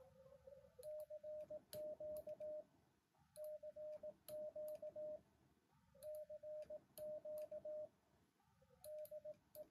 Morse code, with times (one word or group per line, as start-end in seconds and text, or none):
0.8-2.6 CQ
3.4-5.2 CQ
6.0-7.9 CQ
8.9-9.6 DE